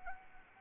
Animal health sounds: mosquito wingbeat signal from an infrared sensor; Anopheles arabiensis

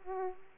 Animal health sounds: mosquito wingbeat signal from an infrared sensor; Aedes aegypti

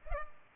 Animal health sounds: mosquito wingbeat signal from an infrared sensor; Culex pipiens

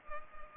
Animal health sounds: mosquito wingbeat signal from an infrared sensor; Culex pipiens

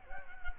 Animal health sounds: mosquito wingbeat signal from an infrared sensor; Culex quinquefasciatus

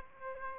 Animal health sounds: mosquito wingbeat signal from an infrared sensor; Aedes aegypti

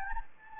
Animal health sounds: mosquito wingbeat signal from an infrared sensor; Anopheles gambiae

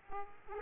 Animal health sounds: mosquito wingbeat signal from an infrared sensor; Aedes aegypti

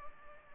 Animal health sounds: mosquito wingbeat signal from an infrared sensor; Culex pipiens

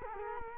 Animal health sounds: mosquito wingbeat signal from an infrared sensor; Culex quinquefasciatus

